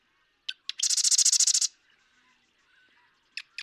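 Marsh Wren giving one quick song, two ticking lead-in notes and a rapid rattling buzz under a second long, then more clicks starting.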